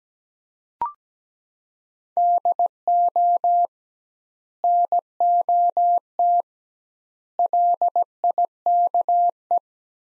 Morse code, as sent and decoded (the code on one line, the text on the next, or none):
-.. --- / -. --- - / .-.. .. -.- .
DO NOT LIKE